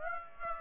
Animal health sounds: mosquito wingbeat signal from an infrared sensor; Aedes aegypti

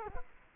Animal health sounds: mosquito wingbeat signal from an infrared sensor; Culex quinquefasciatus

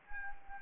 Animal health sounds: mosquito wingbeat signal from an infrared sensor; Anopheles arabiensis

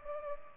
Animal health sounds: mosquito wingbeat signal from an infrared sensor; Culex pipiens

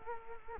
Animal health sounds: mosquito wingbeat signal from an infrared sensor; Culex quinquefasciatus

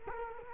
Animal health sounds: mosquito wingbeat signal from an infrared sensor; Culex quinquefasciatus

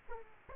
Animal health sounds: mosquito wingbeat signal from an infrared sensor; Aedes aegypti

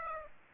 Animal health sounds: mosquito wingbeat signal from an infrared sensor; Aedes aegypti

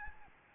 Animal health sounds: mosquito wingbeat signal from an infrared sensor; Aedes albopictus

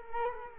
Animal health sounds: mosquito wingbeat signal from an infrared sensor; Culex quinquefasciatus

